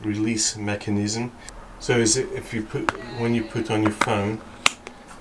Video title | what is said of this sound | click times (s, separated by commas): Replaced my iPhone 11 Pro with TOMTOM RIDER 500 | it locks you probably heard it clicking | 4.7 s